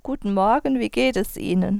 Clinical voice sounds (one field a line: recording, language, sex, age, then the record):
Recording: spoken sentence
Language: German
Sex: female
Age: 40 to 49 years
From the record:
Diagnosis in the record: singing voice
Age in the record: 41 years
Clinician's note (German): Akuter Infekt im Resonanztrakt, ausgebildete Stimme